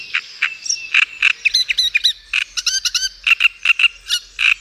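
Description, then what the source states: Great Reed Warbler song: loud, harsh croaking and grating notes, some repeated, mixed with squeaky whistles in a jerky, chattering sequence. Lives in reedbeds; a plain brown bird with a very loud voice.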